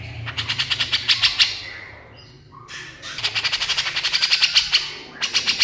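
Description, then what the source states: Horsfield's bush lark song: bursts of rapid, piercing repeated notes separated by short quiet gaps. Very vigorous song used as a training recording (masteran) for cage birds.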